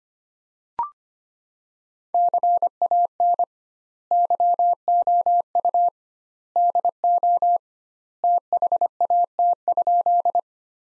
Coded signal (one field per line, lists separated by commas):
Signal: Morse code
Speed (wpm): 25 wpm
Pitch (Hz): 700 Hz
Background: none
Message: CAN YOU DO THAT?